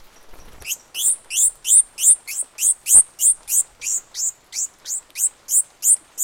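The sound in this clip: Bird calls: rapid, regular run of loud, high-pitched chirps, about three per second, each with a fainter lower harmonic, after a brief rustle at the start.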